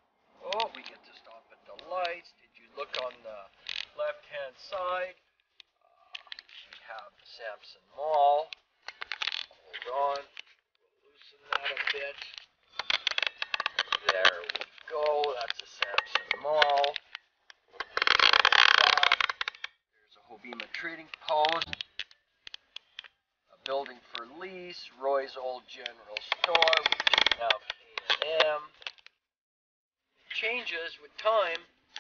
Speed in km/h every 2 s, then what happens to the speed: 27, 11, 0, 0, 0, 0, 0, 0, 0, 0, 0, 0, 0, 0, 0, 0.
0-4 brakes to 0. 4-32 standing.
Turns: none.